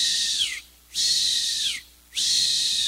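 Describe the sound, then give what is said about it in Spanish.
A voice imitates the wheezing (sibilance) of asthmatic lungs as heard with a stethoscope on a patient's back: three long, high-pitched whistling breaths, each tone sliding downward as it fades, separated by short pauses. No speech is heard. “Eso se llama sibilancia. Eso quiere decir que el pulmón está sufriendo.”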